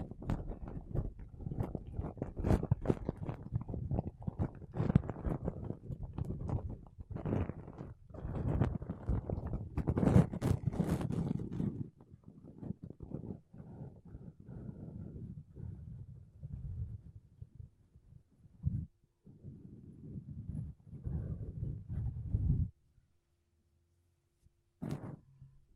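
Makeup brushes and a sponge rub against a microphone in dense, scratchy strokes. The brushing is loudest and busiest for the first twelve seconds, then turns softer and patchier until about 23 seconds. A short silence follows, broken by one quick brush near 25 seconds.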